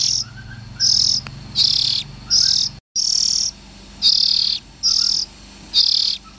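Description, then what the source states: Oriental magpie-robin harsh calls: a run of buzzy rasping bursts repeated about once a second, with a faint short whistle between some of them. Young birds.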